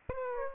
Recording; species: mosquito wingbeat signal from an infrared sensor; Aedes aegypti